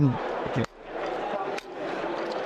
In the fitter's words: you can feel that grip that it has you can feel that yeah it's clicked into place and you know that it's safe and solid as well